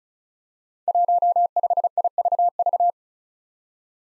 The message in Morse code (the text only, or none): 15IVV